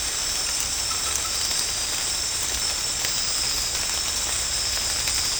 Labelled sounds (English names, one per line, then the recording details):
none
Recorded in secondary vegetation near Puerto Asís, Putumayo, Colombia, on 13 March 2025 at 23:00
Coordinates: 0.485, -76.322
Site G040